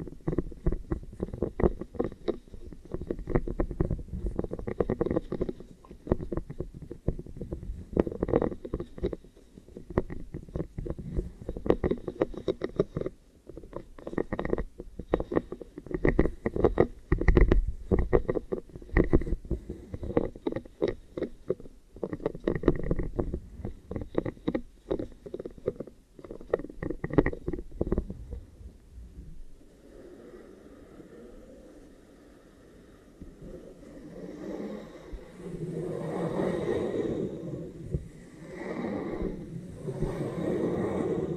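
ASMR ear triggers: dense, rapid rubbing and tapping sounds, low and muffled, crackle steadily for the first half minute. Around thirty seconds the activity drops to a quiet pause, then returns as softer, brighter brushing and crinkling textures toward the end.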